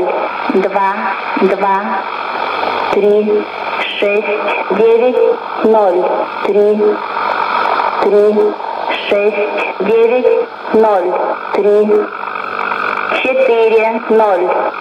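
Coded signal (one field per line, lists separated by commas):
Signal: numbers station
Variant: S06s, Russian female voice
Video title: 16 01 2020 S06s Russian Lady numbers station in Russian to Eu 0944 on 9540 unknown tx site USB+AM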